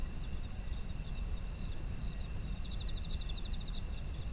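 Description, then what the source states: Continuous shrill insect trilling, then a long fast chirp train in the second half, over steady low-frequency rumbling. Autumn insects; environmental ambience.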